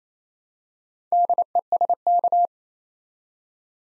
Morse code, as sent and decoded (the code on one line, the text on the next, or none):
-.. . ... -.-
DESK